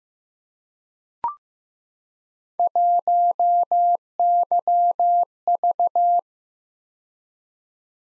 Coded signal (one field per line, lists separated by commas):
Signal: Morse code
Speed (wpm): 15 wpm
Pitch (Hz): 700 Hz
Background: none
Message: 1YV